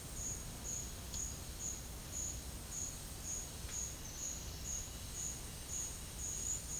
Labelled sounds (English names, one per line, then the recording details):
none
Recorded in pastures near Puerto Asís, Putumayo, Colombia, on 21 March 2025 at 12:00
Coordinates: 0.502, -76.324
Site GP07